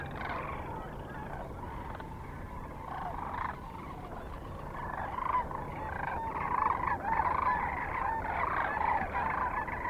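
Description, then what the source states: Sandhill crane flock calls, a dense overlapping chorus of rolling, rattling notes that swells louder in the second half, with no pauses. Kearney, Nebraska, 9 March 2004; recorded with other species also present.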